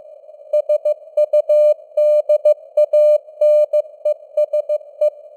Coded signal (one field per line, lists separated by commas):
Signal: Morse code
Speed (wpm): 15 wpm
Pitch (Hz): 600 Hz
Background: none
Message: SUDANESE